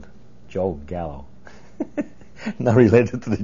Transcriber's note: he laughs